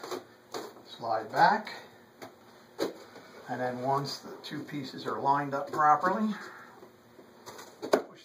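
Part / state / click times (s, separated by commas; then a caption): removable foam scenery section into the layout's fixed scenery and backdrop / seated / 7.9 s. A removable foam scenery section of an HO model railroad layout is slid down, lined up with the adjoining piece, and pushed over into the layout's fixed scenery and backdrop while someone talks. A few soft knocks come early on, then a sharp, short hit at 7.9 s as the section locks into place.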